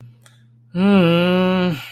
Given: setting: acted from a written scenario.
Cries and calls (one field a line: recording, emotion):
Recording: vocal sound without words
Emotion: disappointment